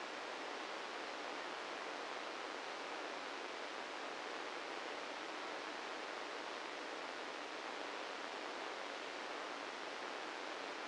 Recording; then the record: brain microelectrode recording played as sound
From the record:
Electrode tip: inside the subthalamic nucleus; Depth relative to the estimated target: -3 mm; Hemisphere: left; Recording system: NeuroSet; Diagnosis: Parkinson's disease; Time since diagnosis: 13 years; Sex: male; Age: 65 years